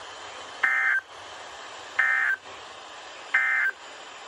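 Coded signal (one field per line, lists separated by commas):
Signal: Emergency Alert System (SAME) tones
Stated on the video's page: Weather radio alerts from several stations in Illinois, Indiana, Ohio and Kentucky.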